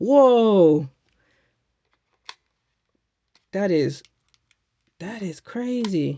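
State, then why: Seated. A detachable controller is brought close to the magnetic side rail of a handheld game console and snaps into place with a loud click at 2.3 s, seating securely. Someone talks before and after the click.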